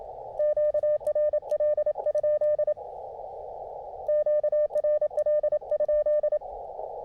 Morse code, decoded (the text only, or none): QRL? QRL?